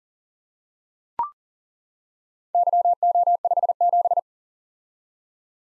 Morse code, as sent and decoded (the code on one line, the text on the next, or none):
-.-- --- ..... --...
YO57